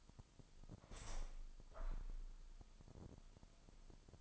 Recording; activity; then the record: daily activity, microphone in the room; open window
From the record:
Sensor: 5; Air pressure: 1004.7 hPa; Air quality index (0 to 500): 80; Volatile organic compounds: 1 ppm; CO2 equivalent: 958 ppm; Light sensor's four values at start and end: 33/79/31/31 and 33/78/31/31